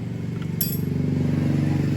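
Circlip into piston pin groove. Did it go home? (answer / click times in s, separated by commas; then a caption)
yes / 0.6 s. A metal circlip is pressed into the groove of the piston pin bore on a 50cc two-stroke piston and snaps into place with a sharp metallic click at 0.6 s, after a fainter tick at 0.4 s. A steady low engine-like hum runs underneath throughout. The circlip is seated and the piston is installed.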